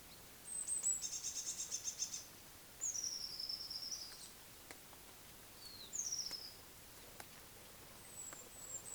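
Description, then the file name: Eurasian blue tit calls: thin, very high descending notes, then a buzzy, scolding churr of rapid pulses, followed by more short high slurred notes. "Cyanistes caeruleus"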